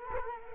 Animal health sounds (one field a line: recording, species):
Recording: mosquito wingbeat signal from an infrared sensor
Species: Culex quinquefasciatus